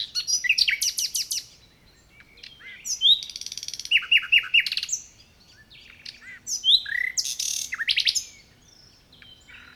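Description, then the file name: Common nightingale delivering three loud song phrases, each a run of fast repeated whistled notes with sharp clicks, separated by brief silences. "Luscinia megarhynchos"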